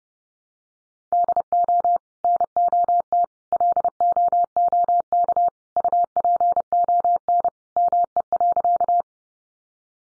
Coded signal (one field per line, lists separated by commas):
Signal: Morse code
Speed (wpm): 30 wpm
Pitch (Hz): 700 Hz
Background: none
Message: DO NOT LOOK UPON ME.